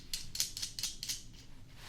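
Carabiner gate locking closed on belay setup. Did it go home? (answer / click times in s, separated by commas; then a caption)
no / none. A locking carabiner gate on a belay setup is handled as it is being closed and locked, giving a run of sharp, bright ticks with the strongest at 0.4 and 0.8 seconds. The clip ends before the gate goes home, so nothing has seated or clicked locked yet.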